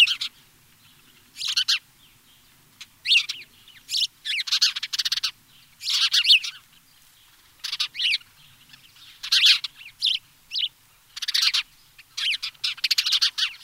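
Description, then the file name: House sparrow calling in scattered bursts of harsh chirps, most clusters lasting under a second, separated by short quiet spells at an uneven pace. "Passer domesticus"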